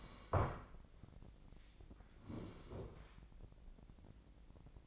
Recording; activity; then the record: daily activity, microphone in the room; sit down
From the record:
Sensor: 5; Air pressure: 1012.4 hPa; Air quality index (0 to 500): 150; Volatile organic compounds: 2 ppm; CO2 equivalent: 1030 ppm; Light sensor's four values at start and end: 278/665/284/316 and 278/665/284/316